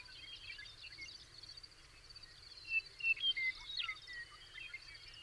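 Bird song of a few clear whistled notes in quick succession midway, among faint chirps and a continuous high insect hum.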